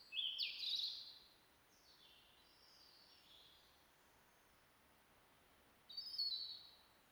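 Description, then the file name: European robin singing a bright high phrase, soft faint phrases in the middle, then another thin high phrase near the end. "Erithacus rubecula"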